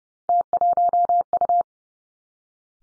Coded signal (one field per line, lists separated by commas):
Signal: Morse code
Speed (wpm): 32 wpm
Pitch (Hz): 700 Hz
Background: none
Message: T1U